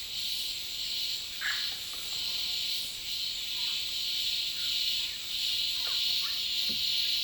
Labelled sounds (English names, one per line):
Yellow-rumped Cacique